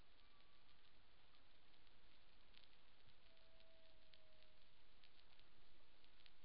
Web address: Humpback Whale CIAN Colab Tutorial new data 20210511 153238 UTC